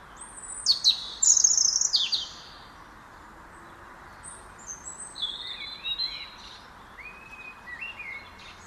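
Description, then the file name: European robin singing a loud opening burst of high, thin trills, then quieter sliding whistles that fall and rise, against constant background hiss. "Erithacus rubecula"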